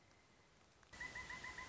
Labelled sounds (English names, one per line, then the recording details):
Pileated Woodpecker
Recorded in Sonoma County, California